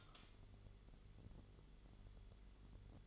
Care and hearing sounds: daily activity, microphone in the room; light on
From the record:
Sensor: 4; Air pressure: 1008.6 hPa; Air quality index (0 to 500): 94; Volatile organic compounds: 1 ppm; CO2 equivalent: 706 ppm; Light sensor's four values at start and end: 13/30/12/12 and 14/32/13/13

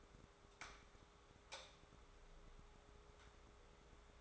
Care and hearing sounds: daily activity, microphone in the room; light on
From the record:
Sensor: 3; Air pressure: 1010.2 hPa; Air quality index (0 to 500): 166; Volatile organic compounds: 9 ppm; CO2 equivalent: 2163 ppm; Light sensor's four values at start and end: 49/122/54/60 and 52/130/57/62

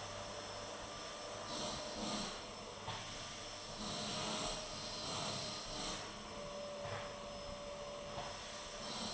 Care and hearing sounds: daily activity, microphone in the room; vacuum cleaning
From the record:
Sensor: 4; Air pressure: 1010.4 hPa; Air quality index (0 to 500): 179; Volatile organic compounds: 5 ppm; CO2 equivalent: 1813 ppm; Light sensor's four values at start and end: 33/98/38/38 and 33/98/38/38

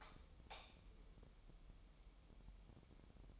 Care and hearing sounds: daily activity, microphone in the room; light on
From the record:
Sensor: 1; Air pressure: 988.4 hPa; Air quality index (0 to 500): 198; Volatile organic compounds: 1000 ppm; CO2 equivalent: 5284 ppm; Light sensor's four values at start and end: 8/21/8/10 and 12/37/14/15

